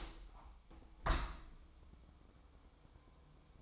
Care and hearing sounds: daily activity, microphone in the room; open window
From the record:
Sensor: 1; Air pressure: 1000.4 hPa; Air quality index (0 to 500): 178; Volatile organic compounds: 4 ppm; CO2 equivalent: 1639 ppm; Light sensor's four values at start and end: 10/24/10/11 and 10/25/10/12

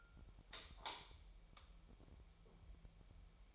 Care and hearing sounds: daily activity, microphone in the room; light on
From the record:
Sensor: 1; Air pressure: 1001.9 hPa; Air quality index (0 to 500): 249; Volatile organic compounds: 54 ppm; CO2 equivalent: 3347 ppm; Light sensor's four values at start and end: 5/11/4/5 and 9/28/11/12

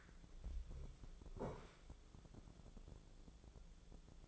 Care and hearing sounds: daily activity, microphone in the room; sit down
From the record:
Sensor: 5

